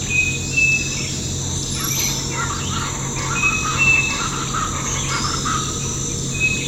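Bird whistles: brief thin level whistles at intervals with a few soft chirps, over a continuous high insect hum.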